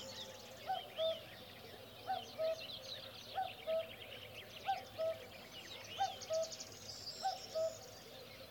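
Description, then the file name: Cuckoo giving its falling two-note call steadily, one pair roughly every 1.3 seconds, over a busy chorus of high twittering songbirds. "minutes of cuckoos"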